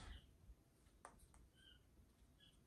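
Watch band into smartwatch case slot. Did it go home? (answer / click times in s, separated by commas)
no / none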